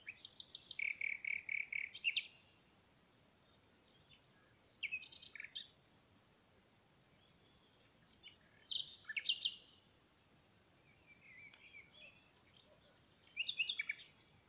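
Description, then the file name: Common nightingale song in separate phrases: a fast run of repeated notes, then short chattering and trilled bursts spaced by pauses of a few seconds. "Luscinia megarhynchos"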